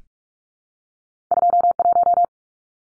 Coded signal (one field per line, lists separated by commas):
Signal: Morse code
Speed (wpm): 44 wpm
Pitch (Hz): 700 Hz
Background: none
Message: 21